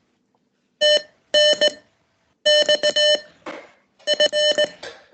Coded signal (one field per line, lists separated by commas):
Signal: Morse code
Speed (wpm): 19 wpm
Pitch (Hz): 600 Hz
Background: none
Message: TNX F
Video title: The seventh COOL CW Practice aired on the 10th Oct 2024